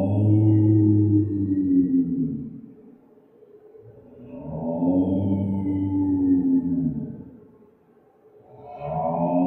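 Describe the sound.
Clouded leopard giving low, drawn-out moaning calls, two harmonic moans of about three seconds each with a pause between, a third starting at the end.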